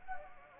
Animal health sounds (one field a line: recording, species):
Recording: mosquito wingbeat signal from an infrared sensor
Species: Anopheles gambiae